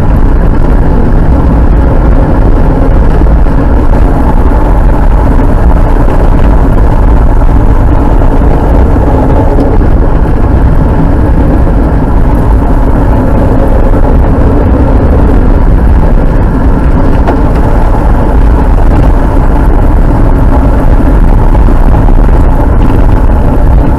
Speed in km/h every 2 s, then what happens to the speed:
53, 56, 58, 58, 51, 47, 52, 50, 54, 59, 55, 51.
0-5 steady at about 56. 5-10 slows to 47. 10-19 speeds up to 59. 19-24 slows to 51.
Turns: none.